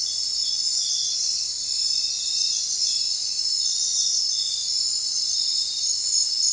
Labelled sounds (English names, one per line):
none